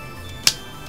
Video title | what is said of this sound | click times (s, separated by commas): Glock Tutorial - Upgrading (extended) Slide Release and Custom Back Plate - Zelda Tri-Force! G 26 | snaps into place | 0.5 s